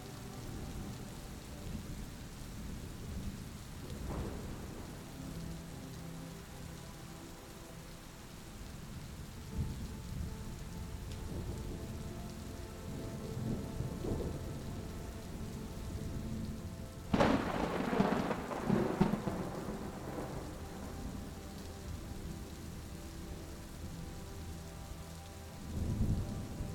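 Soft, sustained music tones hold steady over a constant hiss of rain, while deep thunder rumbles roll underneath. A louder, sharper thunderclap breaks in around seventeen seconds and fades in crackling echoes, with another swell of rumble near the end.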